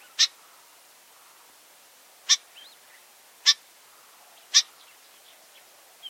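Familiar chat calling with several dry, harsh chack notes about a second or two apart, with faint soft chirps in the gaps.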